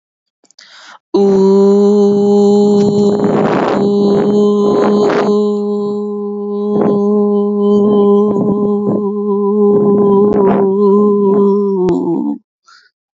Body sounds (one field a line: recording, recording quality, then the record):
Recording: sustained vowel as in boot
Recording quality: excellent, no background noise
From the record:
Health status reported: healthy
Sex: female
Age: 28 years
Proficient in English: yes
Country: India